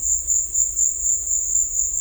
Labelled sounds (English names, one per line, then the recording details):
none
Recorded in dense forest near Puerto Asís, Putumayo, Colombia, on 16 December 2024 at 15:00
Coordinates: 0.500, -76.322
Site G053